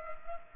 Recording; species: mosquito wingbeat signal from an infrared sensor; Culex pipiens